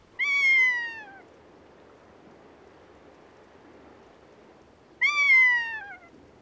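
Rough-legged Buzzard uttering two loud, downslurred, cat-like mewing calls about five seconds apart, each clear and about one second long.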